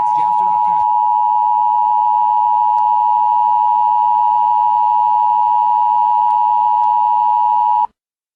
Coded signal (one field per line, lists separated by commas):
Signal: Emergency Alert System (SAME) tones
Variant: 853 and 960 Hz attention tone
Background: speech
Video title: hey lois i'm an eas message